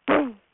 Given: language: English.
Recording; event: throat vibration sensor signal played as sound; throat clearing